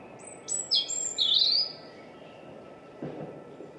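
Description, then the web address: European robin: a short, high, thin phrase of sweet whistled notes, followed by a soft low thump, over steady background noise. "Deverinetal 2025"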